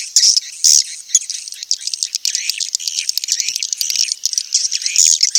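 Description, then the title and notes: Swiftlet chirps, a few loud high twitters at the start followed by a dense run of quick, uneven chirping. Sound used for swiftlet farming in Asia. "Swiflet Bird Sound. Farming Swiflet Bird asia sound"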